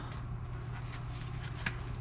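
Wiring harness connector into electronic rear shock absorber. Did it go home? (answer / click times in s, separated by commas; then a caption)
no / none. A plastic wiring harness connector, with its hood-scoop-shaped notch lined up, is handled at the electronic rear shock absorber of a 2016 Buick LaCrosse. A steady low hum runs throughout, with faint handling noises and one brief sharp tap at about 1.7 s. The connector has not seated or clicked in yet.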